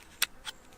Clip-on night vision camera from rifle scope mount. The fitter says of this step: To unlock, to release it,